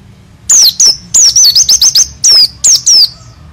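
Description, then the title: White-eye singing a lively string of piercing, high whistled notes, some sweeping down, others in a fast run. Dakun variety from East Java, a promising contest bird; singing prolifically in wild, rolling style (ngalas, ngerol, gacor). "burung pleci dakun jatim joss edan ngalas ngerol gacor calon juara(milik om doddy cikarang)"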